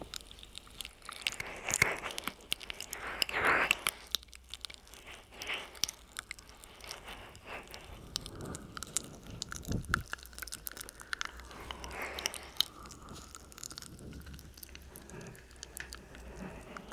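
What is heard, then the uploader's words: Mouth sounds fill the clip: wet clicks, smacks and soft crunching bites arrive in quick, irregular bursts. The louder flurries come around two, three to four, and twelve seconds, while a quiet low hum sits underneath. Intense Mouth Sounds.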